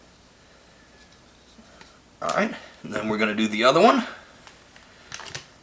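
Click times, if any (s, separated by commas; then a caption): none. An M3 mounting screw coated with blue threadlocker is started by hand into the optic plate of a pistol slide and checked that it is not cross-threaded, to be tightened down later. Someone talks from about 2.2 to 4.0 s, with faint small handling ticks around it and a few sharper taps near 5.1–5.4 s. Nothing has seated or clicked yet.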